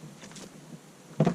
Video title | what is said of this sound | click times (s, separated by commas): Review 2019 Sea-doo Fish Pro | I like this because the Yamaha always have it lean over and open it up right here two clicks | 1.2 s, 1.3 s